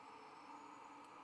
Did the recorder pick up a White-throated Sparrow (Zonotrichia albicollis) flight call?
no